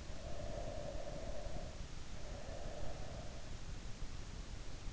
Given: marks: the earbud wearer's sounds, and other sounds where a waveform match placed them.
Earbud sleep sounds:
sounds in sleep by an in-ear microphone; breath
0.07-3.47 s: breath

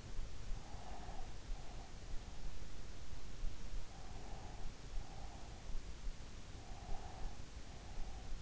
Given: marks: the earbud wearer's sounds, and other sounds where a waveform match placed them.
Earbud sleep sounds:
sounds in sleep by an in-ear microphone; breath
0.44-2.19 s: breath
3.72-5.79 s: breath
6.29-8.42 s: breath

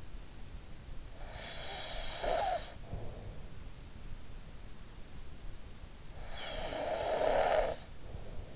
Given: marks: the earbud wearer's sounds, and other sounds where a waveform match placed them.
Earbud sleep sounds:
sounds in sleep by an in-ear microphone; snoring breath
1.19-3.82 s: snoring breath
5.54-8.56 s: snoring breath

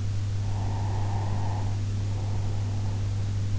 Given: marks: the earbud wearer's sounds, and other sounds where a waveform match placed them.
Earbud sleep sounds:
sounds in sleep by an in-ear microphone; breath
0.56-3.28 s: breath

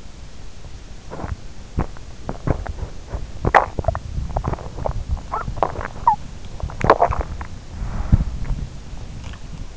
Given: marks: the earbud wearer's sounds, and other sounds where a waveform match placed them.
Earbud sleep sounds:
sounds in sleep by an in-ear microphone; body movement
0.74-9.77 s: body movement

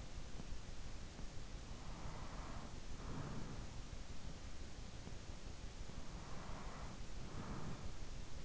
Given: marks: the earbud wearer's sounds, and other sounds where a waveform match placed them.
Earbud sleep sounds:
sounds in sleep by an in-ear microphone; breath
1.49-4.29 s: breath
5.64-8.45 s: breath

